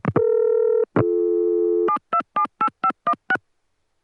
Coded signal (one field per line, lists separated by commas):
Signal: DTMF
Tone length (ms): 70 ms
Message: 7278516